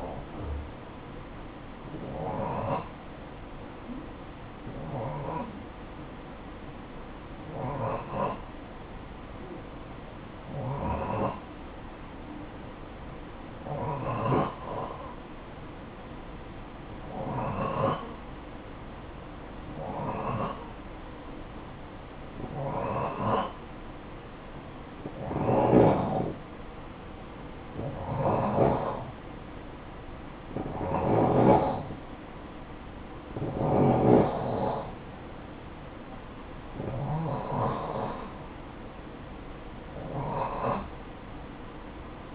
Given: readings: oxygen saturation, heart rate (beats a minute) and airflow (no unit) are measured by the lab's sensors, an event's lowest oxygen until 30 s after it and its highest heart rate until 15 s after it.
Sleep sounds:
breathing in sleep by a voice recorder at the bedside; 1
4.00-26.70 s: hypopnea (N2, oxygen 91% highest, then 87% lowest, heart rate 58 at the start, 59 highest)
From the record:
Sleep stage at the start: N2 (light sleep); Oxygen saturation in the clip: 89 to 91%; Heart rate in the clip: 52 to 59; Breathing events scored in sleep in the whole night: 573 in 9.8 hours asleep

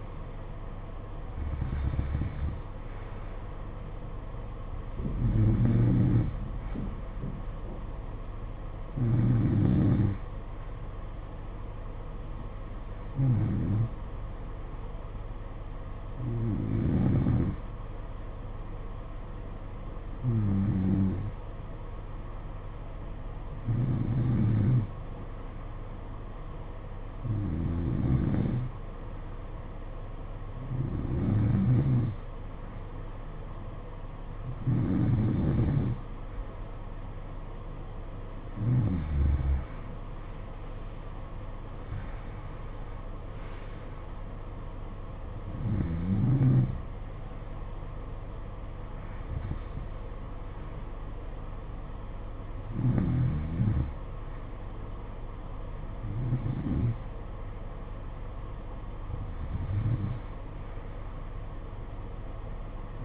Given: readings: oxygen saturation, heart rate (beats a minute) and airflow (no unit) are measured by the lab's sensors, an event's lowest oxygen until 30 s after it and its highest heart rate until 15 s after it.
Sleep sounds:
breathing in sleep by a smartphone at the bedside; 1
22.00-41.50 s: hypopnea (N2, oxygen 93% highest, then 91% lowest, heart rate 56 at the start, 66 highest)
From the record:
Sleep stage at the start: N2 (light sleep); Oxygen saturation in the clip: 89 to 93%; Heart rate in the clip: 56 to 66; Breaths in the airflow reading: 17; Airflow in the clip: -13.2 to 10.1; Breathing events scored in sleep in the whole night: 476 in 9.7 hours asleep

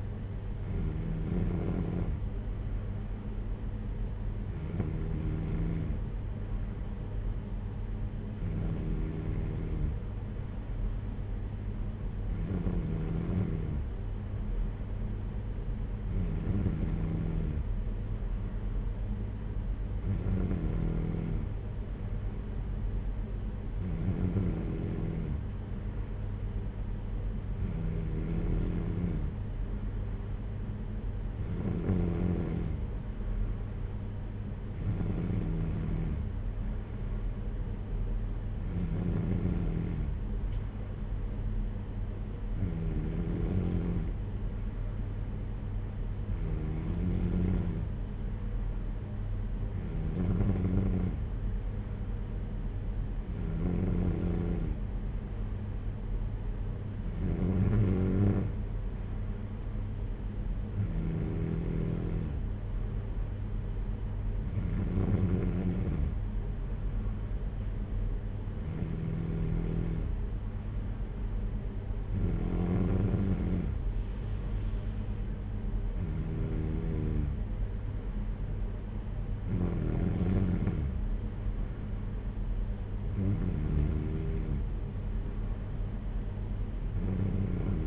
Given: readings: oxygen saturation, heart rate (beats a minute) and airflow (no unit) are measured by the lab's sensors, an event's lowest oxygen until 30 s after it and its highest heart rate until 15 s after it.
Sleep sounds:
breathing in sleep by a smartphone at the bedside; none
none scored
From the record:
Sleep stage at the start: N2 (light sleep); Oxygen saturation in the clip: 93 to 94%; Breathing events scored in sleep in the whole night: 226 in 8.8 hours asleep

